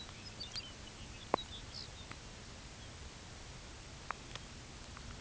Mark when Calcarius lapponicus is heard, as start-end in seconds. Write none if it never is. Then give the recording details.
0.00-2.23, 2.71-2.94, 4.21-4.55. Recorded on Arctic tundra, site UTQI-5, on 13 June 2019. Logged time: 16:00